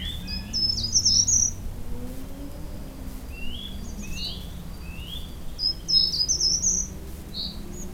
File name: canto verso rampichino certhia brachydactyla short toed tree creeper